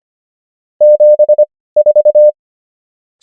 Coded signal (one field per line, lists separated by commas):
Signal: Morse code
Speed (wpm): 25 wpm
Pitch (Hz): 600 Hz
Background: none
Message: 7 4